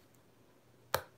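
A phone SIM card is punched out of its plastic carrier card by pressing on the back of the carrier, and it releases with a single sharp snap at 0.9 s. The rest of the clip is quiet background, with only a faint tick at 0.1 s, and the SIM card comes out easily.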